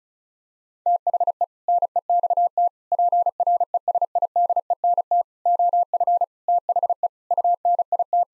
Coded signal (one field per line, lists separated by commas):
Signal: Morse code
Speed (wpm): 34 wpm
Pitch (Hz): 700 Hz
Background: none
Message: THE NEXT PRESIDENT OF THE UNIT